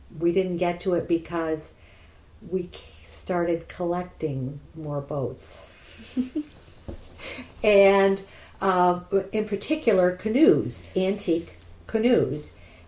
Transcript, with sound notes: we didn't get to it because we started collecting more boats [laughter] and in particular canoes, antique canoes.